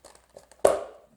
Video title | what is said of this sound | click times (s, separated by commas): 2020 BMW M8 Oil Change and Interval reset | till it clicks | 0.7 s